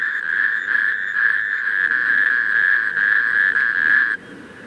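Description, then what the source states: Natterjack toads in a rattling chorus, a steady loud churring trill, continuous until it cuts off abruptly near the end. Several natterjack toads calling together.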